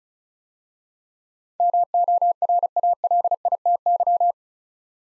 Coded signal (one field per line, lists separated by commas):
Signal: Morse code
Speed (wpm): 36 wpm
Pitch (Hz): 700 Hz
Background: none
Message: MORALITY